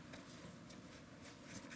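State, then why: Not seated. Three plastic mounting tabs on a coolant reservoir for a 2001-2007 Volvo V70 are guided into their guide slots while the reservoir is handled, giving a steady low rumble with faint scuffing and rustling. Nothing has seated or clicked yet.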